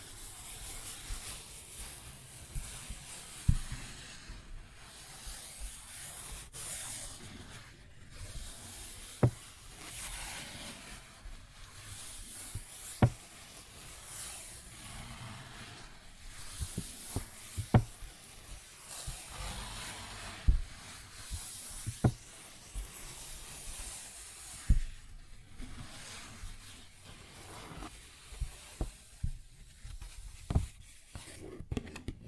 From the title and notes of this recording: ASMR Paper Bag Tapping and Scratching Sounds (No Talking).